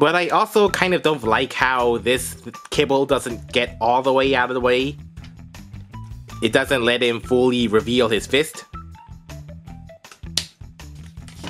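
Someone talks over background music while handling a plastic arm kibble on a Hello Carbot Starex Dandy transforming toy robot, moving the piece into position. A sharp click is heard at 10.4 s, but the kibble only partly seats and does not lock in all the way, so it does not fully reveal the robot's fist.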